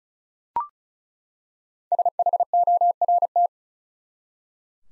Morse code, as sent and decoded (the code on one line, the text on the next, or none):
... .... --- .-. -
SHORT